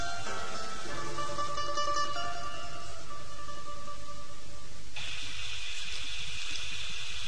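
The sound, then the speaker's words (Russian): Fierce, threatening gusts of wind roar through a garden in a steady, loud rush, with whistling tones riding over the noise; the gusting shifts to a harsher, hissier blast partway through. No one speaks. “В это время страшные, угрожающие порывы ветра бушевали в саду.”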